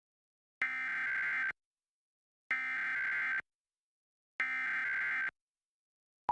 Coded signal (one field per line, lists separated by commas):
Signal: Emergency Alert System (SAME) tones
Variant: header bursts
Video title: New Hampshire's Monthly Test on WMUR-TV (7/11/2024) (EAS #131)